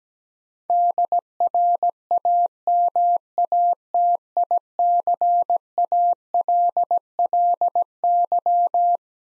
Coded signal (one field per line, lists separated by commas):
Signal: Morse code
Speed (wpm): 17 wpm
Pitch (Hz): 700 Hz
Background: none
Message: DRAMATICALLY